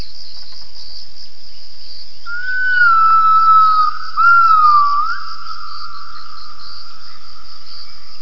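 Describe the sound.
Gibbon call: two long whistled notes, nearly level with slight wavers, the first nearly two seconds long and the second about a second, over a steady high drone.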